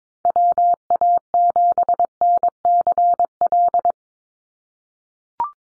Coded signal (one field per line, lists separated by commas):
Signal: Morse code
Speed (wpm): 22 wpm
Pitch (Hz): 700 Hz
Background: none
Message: WA7NCL